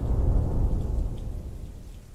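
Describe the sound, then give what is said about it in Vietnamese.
A deep, heavy thunder rumble from a lightning strike over a graveyard rolls in loud and slowly fades over about two seconds, with rain-like hiss underneath and no voices. “Thình lình một tia chớp rạch nát tầng không, giáng xuống một âm thanh long trời lở đất.”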